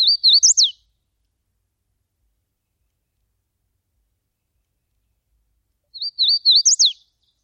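Bird song: a brief, high, rapid warbled phrase that jumps up and drops sharply at the end, heard twice about six seconds apart with silence between.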